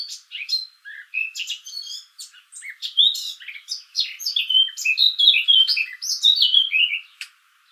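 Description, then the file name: Eurasian blackcap song: varied chattering warble that grows into clearer, louder whistled notes near the end. "Sylvia atricapilla"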